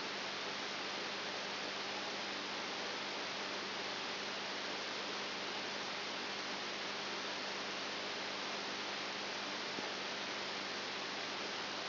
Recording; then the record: brain microelectrode recording played as sound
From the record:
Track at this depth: outside the subthalamic nucleus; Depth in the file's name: 8 mm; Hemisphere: right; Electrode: 2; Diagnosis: Parkinson's disease